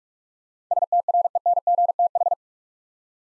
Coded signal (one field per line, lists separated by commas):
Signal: Morse code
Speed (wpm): 41 wpm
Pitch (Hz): 700 Hz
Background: none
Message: STRENGTH